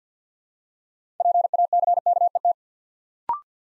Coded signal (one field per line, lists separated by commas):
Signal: Morse code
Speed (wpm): 50 wpm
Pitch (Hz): 700 Hz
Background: none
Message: PACKET